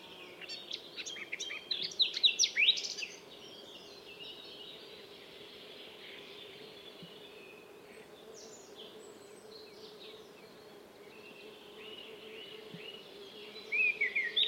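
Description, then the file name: Eurasian blackcap song: a brief burst of quick, chattering warble near the start, long quiet stretch with faint twitters, and another short loud phrase at the end; constant low hum. "Sylvia atricapilla"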